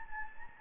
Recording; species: mosquito wingbeat signal from an infrared sensor; Anopheles gambiae